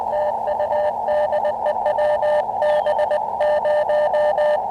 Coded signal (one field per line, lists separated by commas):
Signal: Morse code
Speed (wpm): 20 wpm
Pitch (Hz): 600 Hz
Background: radio noise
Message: TU DE WB0